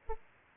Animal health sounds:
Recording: mosquito wingbeat signal from an infrared sensor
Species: Aedes aegypti

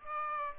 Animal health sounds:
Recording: mosquito wingbeat signal from an infrared sensor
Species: Aedes aegypti

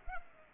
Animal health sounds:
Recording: mosquito wingbeat signal from an infrared sensor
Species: Culex pipiens

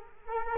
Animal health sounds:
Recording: mosquito wingbeat signal from an infrared sensor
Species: Culex quinquefasciatus

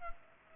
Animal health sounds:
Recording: mosquito wingbeat signal from an infrared sensor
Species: Culex pipiens

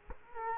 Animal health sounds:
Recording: mosquito wingbeat signal from an infrared sensor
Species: Culex quinquefasciatus

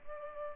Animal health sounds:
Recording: mosquito wingbeat signal from an infrared sensor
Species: Culex pipiens

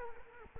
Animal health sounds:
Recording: mosquito wingbeat signal from an infrared sensor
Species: Culex quinquefasciatus

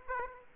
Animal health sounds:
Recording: mosquito wingbeat signal from an infrared sensor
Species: Aedes aegypti

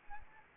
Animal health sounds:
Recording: mosquito wingbeat signal from an infrared sensor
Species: Anopheles arabiensis

